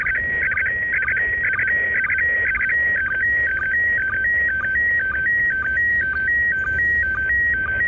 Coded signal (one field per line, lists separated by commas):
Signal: SSTV (slow-scan television)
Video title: sstv from iss quick and dirty